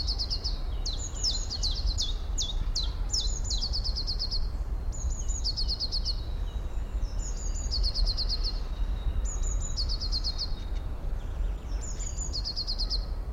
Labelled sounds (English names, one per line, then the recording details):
Common Chiffchaff
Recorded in the wild
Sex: male
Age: adult
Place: Schloßpark Niederschönhausen, Berlin, DE
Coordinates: 52.58, 13.41
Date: 1994-04-17 11:14
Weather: heiter bis wolkig, 8 bis 10°C
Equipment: Marantz CP 430, Sennheiser ME 80, Kopie Uher Variocord 263
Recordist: Tembrock, Günter